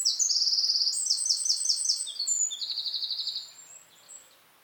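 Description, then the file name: Eurasian wren song, a fast, shrill sequence of buzzy trills and chattering rattles that shift in pitch, fading out after about three and a half seconds. "Troglodytes troglodytes"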